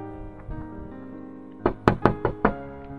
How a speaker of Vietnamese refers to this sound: Một tràng tiếng gõ cửa đánh thức Kiều Khả đang say ngủ. Cô mở mắt ra nhìn, thì ra là Hình Gia đang gõ vào cửa kính.